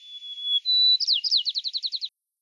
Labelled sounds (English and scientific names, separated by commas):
White-crowned Sparrow (Zonotrichia leucophrys) song